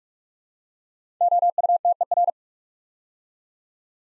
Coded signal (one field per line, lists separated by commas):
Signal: Morse code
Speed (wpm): 44 wpm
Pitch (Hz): 700 Hz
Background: none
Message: OUTER